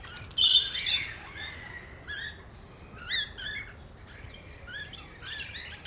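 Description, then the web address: Parrots giving sharp whistled squeaks and rising chirps in short bursts, separated by brief quiet gaps. Parrots at Nyíregyháza Zoo, recorded in 2010 on the green pyramid. "nyiregyhazizoo 2010 standardt madarak papagajokazoldpiramistetejen"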